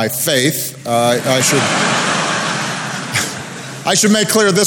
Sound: laughter